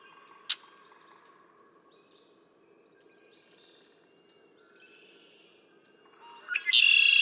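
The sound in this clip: Red-winged blackbird song begins at the very end and is cut off, after a click and several thin rising whistles.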